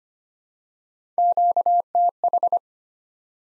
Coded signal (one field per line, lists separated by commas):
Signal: Morse code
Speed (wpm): 25 wpm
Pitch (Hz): 700 Hz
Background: none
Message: QTH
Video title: Top 20 QSO Elements 25wpm